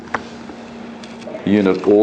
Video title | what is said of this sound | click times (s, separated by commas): Filter Regulator | the section here manually blow off the water or lock it off like that | 0.2 s